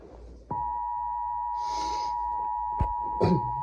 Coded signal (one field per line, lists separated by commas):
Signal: Emergency Alert System (SAME) tones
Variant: 853 and 960 Hz attention tone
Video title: EAS Alerts From 6/24/25 #COWX